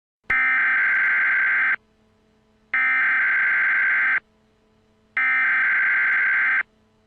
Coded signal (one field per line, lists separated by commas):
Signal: Emergency Alert System (SAME) tones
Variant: header bursts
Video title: EAS Scenario- Lavender Town Syndrome